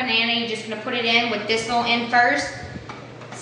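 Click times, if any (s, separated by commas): 2.9 s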